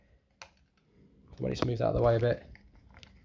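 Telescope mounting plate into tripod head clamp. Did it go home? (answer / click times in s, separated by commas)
no / none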